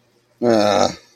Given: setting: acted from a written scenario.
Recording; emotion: vocal sound without words; guilt